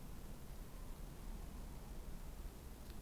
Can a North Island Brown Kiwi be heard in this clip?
no